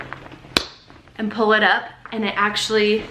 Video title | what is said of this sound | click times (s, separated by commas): Traveling with Twelve Little Backpacks | has it says right here snap hinge and you hear that you can just push that in and | 0.6 s